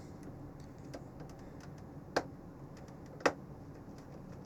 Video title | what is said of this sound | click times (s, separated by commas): HOW TO FIX A OVERHEATING PS5! | And sometimes you'll hear a click. You hear that click, you got it. | 2.2 s, 3.3 s